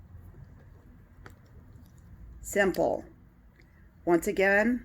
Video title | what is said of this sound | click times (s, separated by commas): unlocking Schrade multitool blades | to unlock push down on these that popped up | 1.3 s